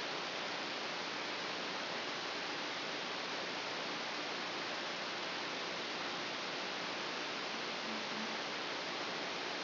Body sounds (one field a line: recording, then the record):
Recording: brain microelectrode recording played as sound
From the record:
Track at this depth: outside the subthalamic nucleus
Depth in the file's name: 0.641 mm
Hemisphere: left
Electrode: 3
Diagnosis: Parkinson's disease